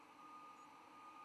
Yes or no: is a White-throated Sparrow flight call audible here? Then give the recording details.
no. Another species' flight call is heard. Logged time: 07:50 on 10 November 2014